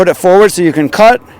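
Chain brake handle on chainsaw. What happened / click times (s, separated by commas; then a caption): Handled, not yet home: no seating click is heard, only a man talking / none. Someone talks while handling the chain brake handle on an older chainsaw, about to move the plastic/metal lever to its forward position. Only speech is heard; nothing has clicked or locked into place yet.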